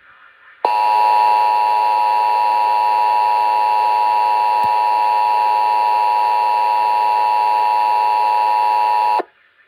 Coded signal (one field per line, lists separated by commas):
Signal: Emergency Alert System (SAME) tones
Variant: 853 and 960 Hz attention tone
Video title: EAS #362 - DC Monthly Test (WETA)